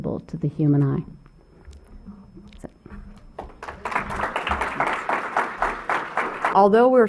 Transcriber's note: applause